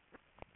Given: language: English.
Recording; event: throat vibration sensor signal played as sound; swallow